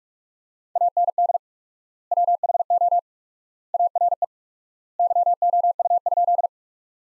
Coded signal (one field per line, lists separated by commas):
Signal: Morse code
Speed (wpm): 47 wpm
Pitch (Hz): 700 Hz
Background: none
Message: AND WHO ARE YOU?